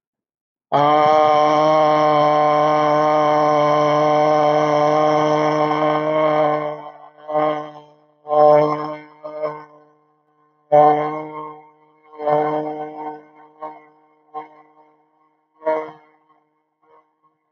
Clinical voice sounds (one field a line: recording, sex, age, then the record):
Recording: vowel held as long as possible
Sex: male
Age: 40 to 49 years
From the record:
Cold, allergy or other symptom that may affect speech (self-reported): no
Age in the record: 48 years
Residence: Texas, United States